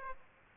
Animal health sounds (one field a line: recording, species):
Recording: mosquito wingbeat signal from an infrared sensor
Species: Aedes aegypti